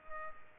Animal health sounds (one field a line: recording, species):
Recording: mosquito wingbeat signal from an infrared sensor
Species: Culex pipiens